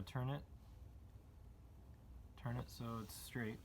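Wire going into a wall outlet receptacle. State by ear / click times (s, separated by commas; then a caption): not seated / none. A child turns and straightens a wire at a wall outlet receptacle, lining it up before pushing it in, while someone talks. Between the bursts of speech there is only quiet, low handling noise. The wire has not seated or clicked yet.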